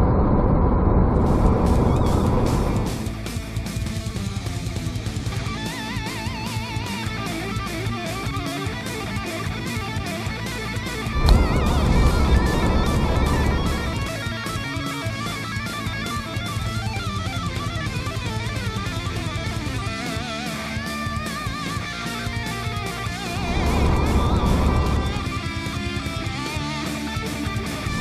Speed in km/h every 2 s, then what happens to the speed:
106, 103, 100, 96, 94, 94, 93, 93, 96, 96, 94, 95, 97, 96.
0-9 slows to 94. 9-28 steady at about 95.